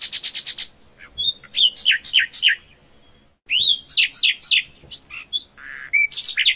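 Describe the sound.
Common nightingale singing varied phrases: fast harsh trills, a clear sustained whistle, and a series of sharply falling repeated notes, with brief silences between phrases.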